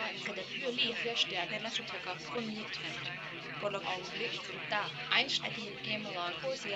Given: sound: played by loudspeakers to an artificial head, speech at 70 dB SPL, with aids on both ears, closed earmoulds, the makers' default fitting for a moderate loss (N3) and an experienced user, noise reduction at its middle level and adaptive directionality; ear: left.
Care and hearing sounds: speech test signal (ISTS) in cocktail-party noise; 0 dB; in front (0 degrees)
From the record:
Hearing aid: class 1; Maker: F

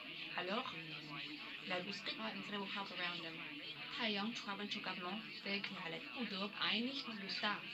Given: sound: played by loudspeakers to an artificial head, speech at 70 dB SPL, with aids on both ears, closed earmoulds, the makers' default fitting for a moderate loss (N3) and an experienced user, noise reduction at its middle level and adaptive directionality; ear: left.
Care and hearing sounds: speech test signal (ISTS) in cocktail-party noise; +9 dB; on the right (90 degrees)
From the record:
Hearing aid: class 1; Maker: D

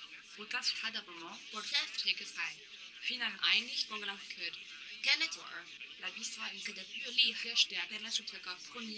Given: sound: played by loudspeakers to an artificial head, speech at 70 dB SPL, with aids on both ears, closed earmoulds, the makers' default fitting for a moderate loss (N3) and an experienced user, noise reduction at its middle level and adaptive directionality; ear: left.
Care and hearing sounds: speech test signal (ISTS) in cocktail-party noise; +9 dB; on the right (90 degrees)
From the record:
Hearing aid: class 2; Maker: J

